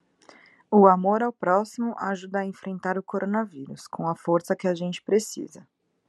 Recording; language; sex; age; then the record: spoken sentence; Brazilian Portuguese; female; 30 to 39 years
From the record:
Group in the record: control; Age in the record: 30 years